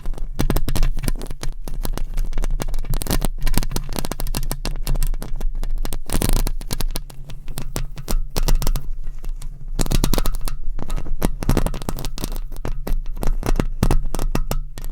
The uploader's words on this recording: ASMR Mic Scratching - Brain Scratching with 10 Mics Asmr No Talking for Sleep with Long Nails.